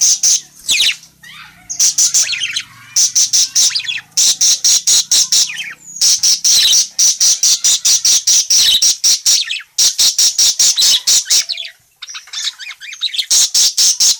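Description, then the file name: Parakeet calling almost nonstop: rapid, harsh high-pitched chirps in long trains, pausing only briefly a few times. Calling parakeet, described as gacor, meaning in full, lively voice. "suara burung parkit gacor memanggil"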